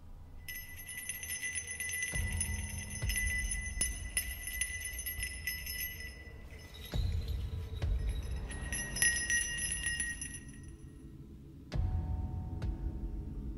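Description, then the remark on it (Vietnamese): A hand bell is shaken in repeated bursts by an old man dancing wildly during a ritual, producing bright, high metallic jingling with sustained ringing overtones, pausing briefly between shakes over a low rumbling background. “Tay của lão thì cứ thế mà lắc cái chuông. Leng ca leng keng.”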